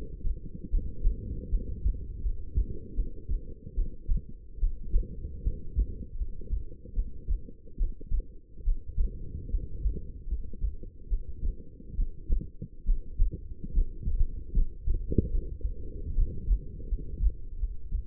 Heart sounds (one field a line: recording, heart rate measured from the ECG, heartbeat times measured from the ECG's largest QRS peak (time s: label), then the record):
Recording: heart sounds by stethoscope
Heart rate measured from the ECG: 75 bpm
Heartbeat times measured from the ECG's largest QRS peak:
0.70 s: heartbeat
1.50 s: heartbeat
2.22 s: heartbeat
2.95 s: heartbeat
3.75 s: heartbeat
4.59 s: heartbeat
5.43 s: heartbeat
6.17 s: heartbeat
6.94 s: heartbeat
7.78 s: heartbeat
8.64 s: heartbeat
9.50 s: heartbeat
10.28 s: heartbeat
11.09 s: heartbeat
11.96 s: heartbeat
12.85 s: heartbeat
13.73 s: heartbeat
14.53 s: heartbeat
15.31 s: heartbeat
16.15 s: heartbeat
16.88 s: heartbeat
17.59 s: heartbeat
From the record:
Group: healthy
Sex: female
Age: 19 years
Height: 163 cm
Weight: 51 kg